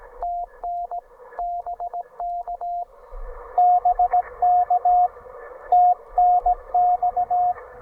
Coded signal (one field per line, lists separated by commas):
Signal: Morse code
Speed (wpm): 18 wpm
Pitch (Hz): 690 Hz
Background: radio noise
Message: TN BK BK TNX